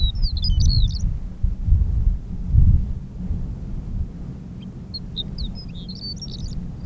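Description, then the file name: Horned lark singing high, rapid, tinkling twittering phrases at the start and again near the end, with strong low rumbling noise throughout. "Berglarka"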